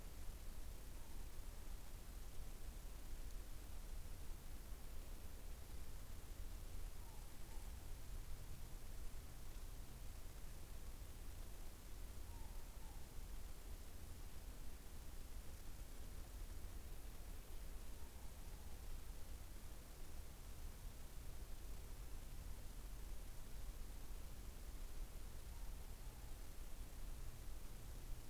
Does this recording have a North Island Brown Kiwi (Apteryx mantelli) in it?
no